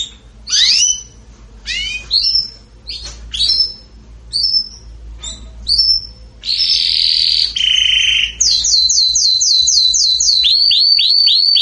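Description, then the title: Belgian canary song of sharp upswept chirps, then buzzy sustained notes and a fast rapid trill of repeated descending whistles. Singing in a rapid, fired-off style. "Canario Belga. Salsa Cantando Disparado"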